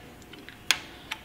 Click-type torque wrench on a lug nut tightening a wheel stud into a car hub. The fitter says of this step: and as soon as you hear that click